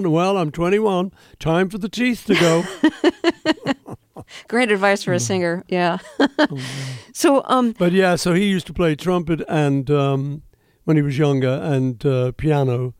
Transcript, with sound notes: Well, I'm 21, time for the teeth to go.
(Laughter) Great advice for a singer, yeah. (laughter) So...
But yeah. So he used to play trumpet, and - when he was younger - and piano.